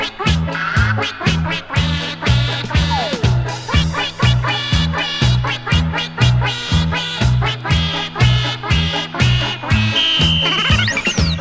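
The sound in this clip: Duck giving rhythmic harsh quacks about every half second throughout.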